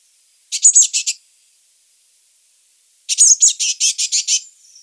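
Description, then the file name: Eurasian blue tit giving short high churring rattles of rapid scratchy notes, a brief burst of five and then a longer run of about nine, on a silent background. "Cyanistes caeruleus"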